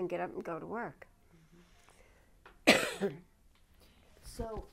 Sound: she coughs

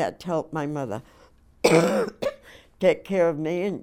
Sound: coughs

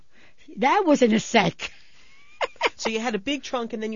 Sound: she laughs

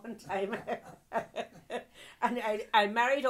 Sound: laughs heartily

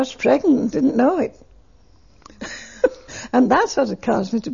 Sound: she laughs

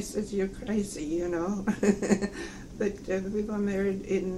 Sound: laughs

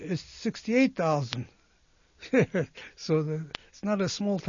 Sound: he laughs

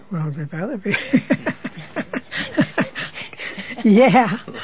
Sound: laughs

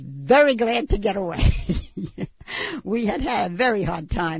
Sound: she laughs heartily

